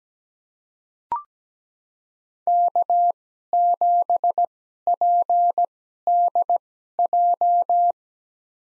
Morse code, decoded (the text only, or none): K7PDJ